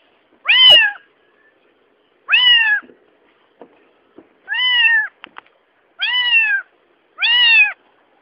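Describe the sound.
Domestic cat giving five mewing calls, each an arched meow about half a second long, with a few faint clicks and taps between them.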